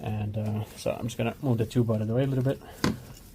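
Someone talks while moving the tube of an oil catch can kit aside on an Alfa Romeo Giulia Quadrifoglio, readying the hose quick connector to go onto the catch can port. Only speech is heard, with a brief handling noise near the end. The connector has not clicked in or seated yet.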